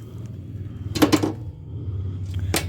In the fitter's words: Just ఉన్నట్లా అంటే close అయిపోతుంది, lock అయిపోతుంది.